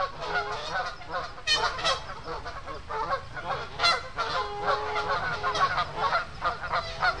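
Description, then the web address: Goose: geese honking in a noisy chorus, several birds calling over one another with loud nasal honks and shorter cackles throughout. Several geese by a pond. "animals geese by pond"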